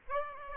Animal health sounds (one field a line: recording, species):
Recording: mosquito wingbeat signal from an infrared sensor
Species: Aedes aegypti